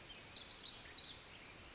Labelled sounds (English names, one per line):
Pacific Wren